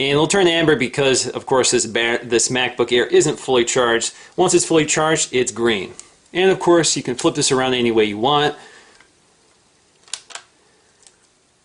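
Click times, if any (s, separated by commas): 10.1 s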